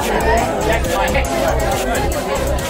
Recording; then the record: background sound without coughing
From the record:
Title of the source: Nightlife Party Simulating Party Club Noise 1 Hour